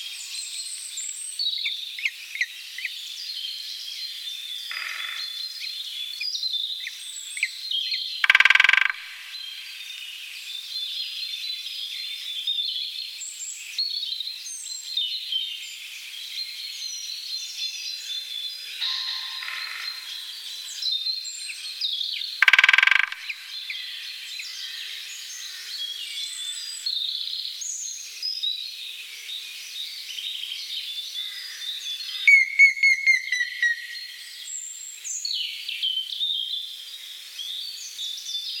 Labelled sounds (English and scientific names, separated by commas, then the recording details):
Great Spotted Woodpecker (Dendrocopos major) drumming
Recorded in the wild
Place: Gottenheim / Freiburg im Breisgau, Baden-Württemberg, DE
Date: 1976-03-28
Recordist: Schwarz, Dieter